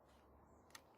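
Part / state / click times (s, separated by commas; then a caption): sliding stock section into the LEGO rifle stock frame / seated / 0.8 s. A sliding stock section on a LEGO rifle's plastic brick stock frame is moved to a new length after the release trigger is pulled. It clicks into place at 0.8 s with a short, sharp click over quiet background noise. The adjustable stock is seated in its new position.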